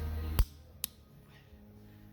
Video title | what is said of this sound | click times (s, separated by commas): Bobcat hb880 hammer diaphragm install & nitrogen charge | There you go. One click. There's the first one. | 0.8 s